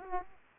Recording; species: mosquito wingbeat signal from an infrared sensor; Aedes aegypti